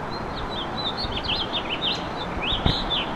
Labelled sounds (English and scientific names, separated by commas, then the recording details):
House Finch (Haemorhous mexicanus) song
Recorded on Long Island, New York, on 25 May 2011
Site FH
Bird B